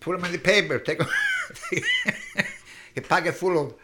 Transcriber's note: he laughs